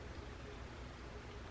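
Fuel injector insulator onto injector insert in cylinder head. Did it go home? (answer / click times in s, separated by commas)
no / none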